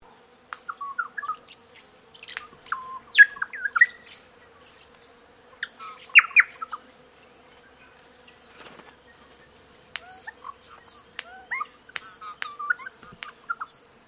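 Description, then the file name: Bird calls: clusters of slurred whistled chirps and high ticks in several bursts separated by short pauses, with a faint low hum throughout. "BIRD-rhe cv 120697 12 43 pm"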